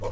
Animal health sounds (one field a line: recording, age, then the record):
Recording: pig call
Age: piglet (1 to 25 days)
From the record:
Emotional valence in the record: positive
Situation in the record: reunion after long isolation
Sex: male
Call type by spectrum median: low-frequency call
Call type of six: low-frequency tonal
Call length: 0.12 s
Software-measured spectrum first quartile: 51 Hz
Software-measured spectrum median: 336 Hz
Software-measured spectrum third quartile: 648 Hz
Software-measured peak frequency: 9 Hz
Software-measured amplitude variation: 91 dB a second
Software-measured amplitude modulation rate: 12.7 a second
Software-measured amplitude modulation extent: 7.2 dB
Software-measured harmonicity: 3.0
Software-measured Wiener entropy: -0.81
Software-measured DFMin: 875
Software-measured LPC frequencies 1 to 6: 515, 989, 2208, 3243, 4236, 5047 Hz